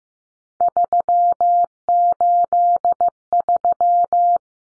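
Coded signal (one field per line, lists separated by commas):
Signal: Morse code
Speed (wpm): 15 wpm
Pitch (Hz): 700 Hz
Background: none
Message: 383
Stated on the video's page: Morse code drill of three-digit numbers at 15 wpm for head copy, each number sent twice.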